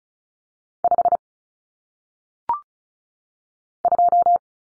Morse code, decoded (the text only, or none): 5 2